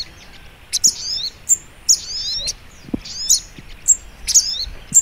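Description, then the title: Little Spiderhunter song: piercing chirp phrases about once a second, each a quick high note followed by a slurred twitter, over soft background noise. Training (masteran) song in the Labaik style. "Masteran Burung Sogok Ontong Labaik"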